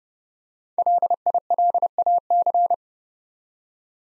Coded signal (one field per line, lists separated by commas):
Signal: Morse code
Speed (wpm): 30 wpm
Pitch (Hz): 700 Hz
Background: none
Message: LILAC